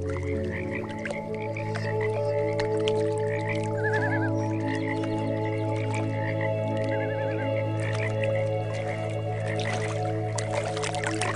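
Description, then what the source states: Frogs croak rapidly and repeatedly under droning music. Frogs mixed with meditation music.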